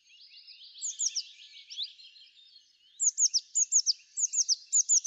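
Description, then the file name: Eurasian blue tit calls: a dense chatter of high notes, then from about three seconds bright, rapid paired down-slurred notes repeated in quick bursts. "Cyanistes caeruleus"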